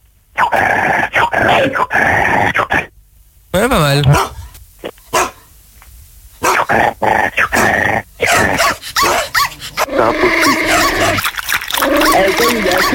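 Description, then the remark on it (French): A person imitates a barking dog with a loud run of short, rough woofs and growly yaps, broken by brief pauses, while other voices talk and react in between. “Moi j'imite le chien.”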